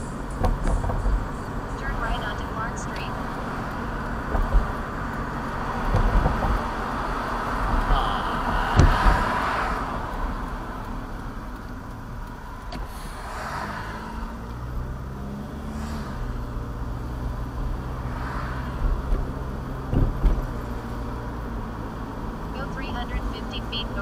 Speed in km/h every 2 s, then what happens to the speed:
42, 44, 45, 47, 37, 26, 13, 16, 24, 31, 34, 35.
0-6 steady at about 44. 6-12 brakes to 13. 12-24 speeds up to 35.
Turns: none.